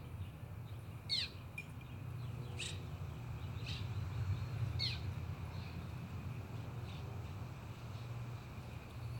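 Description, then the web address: Bird giving a few sharp, high chirps, some falling in pitch, spaced a second or so apart, over a steady low city rumble. Bird in a city park amid big-city noise. "Großstadtgeraeusche stadtpark vögel flugeuge etc"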